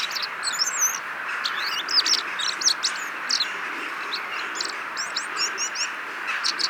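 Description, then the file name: Common blackbird calls: a busy run of sharp, high chirps and short rising notes, some in quick clusters, over a steady broad hiss. "Turdus merula"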